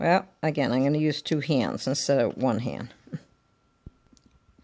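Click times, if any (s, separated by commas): 4.2 s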